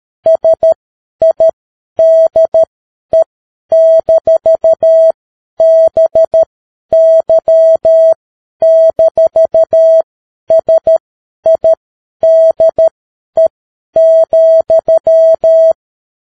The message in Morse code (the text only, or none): SIDE-BY-SIDE,